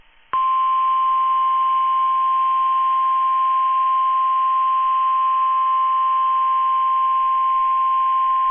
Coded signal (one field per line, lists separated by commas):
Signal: Emergency Alert System (SAME) tones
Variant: 1050 Hz attention tone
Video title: NOAA Weather Radio Weekly Tests & a bonus LAE (EAS #1071-#1081)